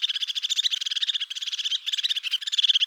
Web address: Parus cristatus